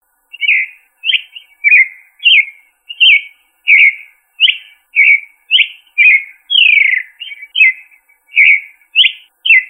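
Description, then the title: Thrush singing a continuous string of brief, clear whistled syllables, some rising and some sliding down, against silence. "Familia Turdidae - Sabia"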